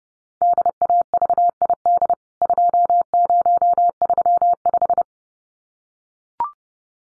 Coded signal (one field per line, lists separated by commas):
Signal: Morse code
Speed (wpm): 30 wpm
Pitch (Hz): 700 Hz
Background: none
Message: DAVID 2035